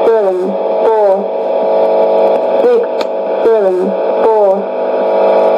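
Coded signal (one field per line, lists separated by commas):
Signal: numbers station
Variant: E17z, English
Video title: 21 02 2019 E17z English Lady numbers station in English to Eu 0810 on 9820 unknown tx site CUSB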